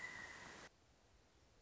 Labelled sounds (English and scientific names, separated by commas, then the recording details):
Pileated Woodpecker (Dryocopus pileatus)
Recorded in Sonoma County, California